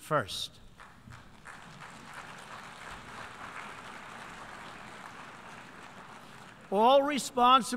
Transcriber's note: applause